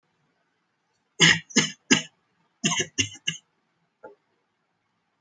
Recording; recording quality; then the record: shallow voluntary cough; excellent, no background noise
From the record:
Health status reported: healthy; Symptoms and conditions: none ticked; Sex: male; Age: 24 years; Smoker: not ticked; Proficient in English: yes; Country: India